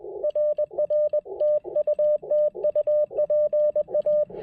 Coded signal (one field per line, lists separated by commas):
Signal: Morse code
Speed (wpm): 19 wpm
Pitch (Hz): 600 Hz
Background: radio noise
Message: RR TU TU PA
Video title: Ham Radio Workbenches On The Air & POTA: A very long QRP activation video using CW and SSB!